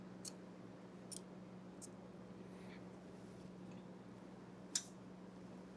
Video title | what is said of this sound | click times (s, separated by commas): Great or will it GRENADE? Supercharged 406 FIRST START! - Part 2 of 2 | Hear that snap? She's locked. | 4.8 s